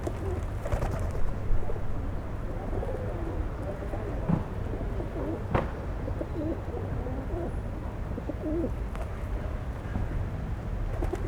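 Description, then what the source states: Pigeons cooing in overlapping rolling phrases, broken by a few dull thumps and sharp taps over a low rumble. Pigeons feeding at Place Georges Clemenceau, Aix-les-Bains, France; recorded with a Zoom H4n Pro placed on the ground.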